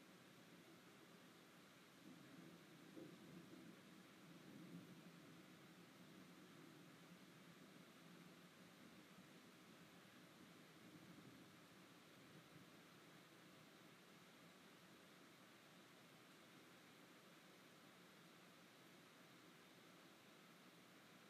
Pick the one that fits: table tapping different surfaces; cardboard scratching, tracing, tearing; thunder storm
thunder storm